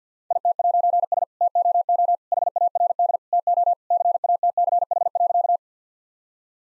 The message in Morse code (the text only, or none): IT'S TOO HARD TO CATCH.